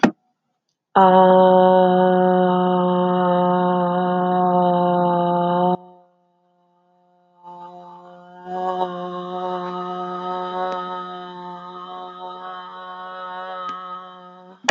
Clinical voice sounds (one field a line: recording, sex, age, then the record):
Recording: vowel held as long as possible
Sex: female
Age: 30 to 39 years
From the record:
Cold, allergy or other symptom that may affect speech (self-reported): no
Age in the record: 35 years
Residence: Nebraska, United States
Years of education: 12